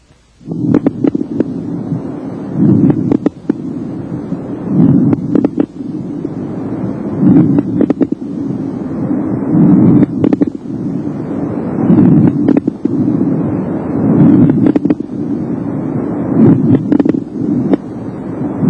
Low-pitched crackles are also called coarse crackles. Now listen to low-pitched crackles.